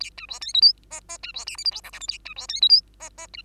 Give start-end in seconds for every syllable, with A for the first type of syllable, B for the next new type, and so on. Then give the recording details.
0.00-0.10 A, 0.17-0.26 B, 0.28-0.40 C, 0.41-0.53 D, 0.54-0.61 E, 0.61-0.73 F, 0.91-1.00 G, 1.08-1.18 G, 1.23-1.32 B, 1.34-1.45 C, 1.46-1.57 H, 1.57-1.64 I, 1.65-1.71 J, 1.71-1.81 K, 1.83-1.91 L, 1.92-2.00 M, 2.00-2.07 N, 2.08-2.18 A, 2.25-2.34 B, 2.36-2.47 C, 2.48-2.61 D, 2.61-2.69 E, 2.69-2.81 F, 3.00-3.09 G, 3.17-3.27 G, 3.33-3.42 B. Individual Bird2